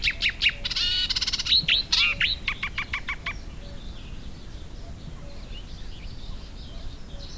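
Thick-billed warbler singing a hurried jumble of sharp chips, a harsh rattled burst and bent whistles for three seconds, then falling quiet with faint background hiss.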